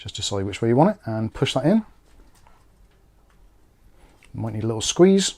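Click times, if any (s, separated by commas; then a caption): none. A push-button power switch is being lined up and squeezed toward a rectangular hole in the top panel of a budget compact open-air ATX PC test bench case, the Giyifang Miningeek ATX W01. Someone talks, then there is a quiet pause with faint small ticks around 2.5 s, 3.3 s and 4.3 s before talking resumes. Nothing has seated or clicked yet.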